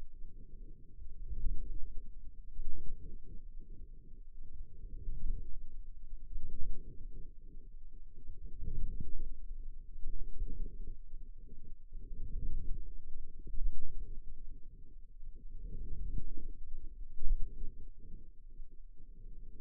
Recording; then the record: forearm muscle sounds (acoustic myography)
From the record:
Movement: outward rotation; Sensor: system 2, bracelet of six BSWA MPA416 microphones around the upper forearm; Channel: 5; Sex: male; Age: 22 years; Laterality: right